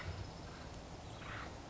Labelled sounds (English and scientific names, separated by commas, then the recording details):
Acorn Woodpecker (Melanerpes formicivorus)
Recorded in Sonoma County, California